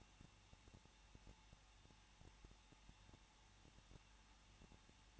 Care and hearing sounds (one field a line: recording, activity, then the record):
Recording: daily activity, microphone in the room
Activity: no activity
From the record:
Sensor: 1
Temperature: 20.1 degrees Celsius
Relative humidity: 39.2%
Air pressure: 1006.3 hPa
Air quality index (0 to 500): 218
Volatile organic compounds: 78 ppm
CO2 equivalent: 3588 ppm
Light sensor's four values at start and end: 1/2/1/1 and 1/2/1/1